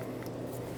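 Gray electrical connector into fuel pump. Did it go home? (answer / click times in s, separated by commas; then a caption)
no / none. A gray plastic electrical connector is being handled at the fuel pump (lift pump) of a 2008–2010 Ford F-450 as it is about to be plugged in. Only a steady, low-pitched background noise is heard, with no distinct click. The connector has not yet seated or clicked in.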